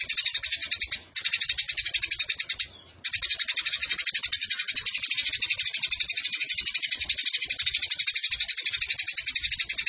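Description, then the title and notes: Eurasian tree sparrow with a relentless high, rasping chatter of quick repeated notes, pausing briefly twice early on. Sparrow in fighting mode ('tarung') with long continuous bursts ('nembak panjang') and a clear voice, used as masteran training for competition birds. "GEREJA TARUNG NEMBAK PANJANG SUARA JERNIH MASTERAN WAJIB BURUNG LOMBA. Burung Gereja"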